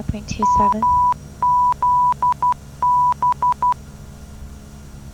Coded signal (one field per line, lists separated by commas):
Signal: Morse code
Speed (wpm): 12 wpm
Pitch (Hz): 990 Hz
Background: speech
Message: MZB